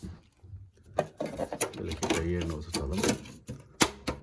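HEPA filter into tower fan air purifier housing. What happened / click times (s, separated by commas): The filter is being fitted but has not yet clicked home / none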